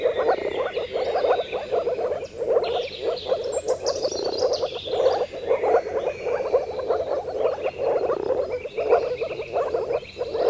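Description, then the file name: Dense moor frog chorus of quick, hollow bubbling notes that swells and dips, with scattered bird chirps and whistles over it. "konnad rabakonn"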